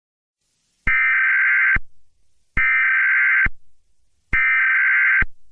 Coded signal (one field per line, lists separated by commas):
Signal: Emergency Alert System (SAME) tones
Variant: header bursts